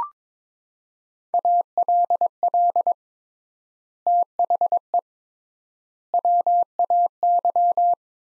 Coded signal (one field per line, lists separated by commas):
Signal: Morse code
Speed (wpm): 22 wpm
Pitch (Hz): 700 Hz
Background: none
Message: ALL THE WAY